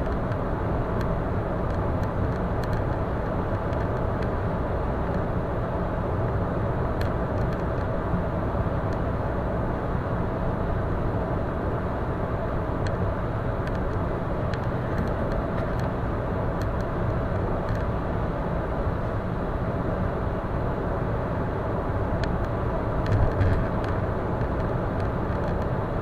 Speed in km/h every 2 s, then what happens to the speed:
110, 110, 110, 110, 110, 110, 111, 111, 111, 111, 111, 111, 111.
0-26 steady at about 111.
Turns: none.